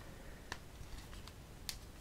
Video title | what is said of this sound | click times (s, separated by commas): [Review] Ballistic Every1 Kit for iPhone 5 | so it could be a little bit tricky but you just need to make sure that the four corners are snapped into place | 0.5 s, 1.7 s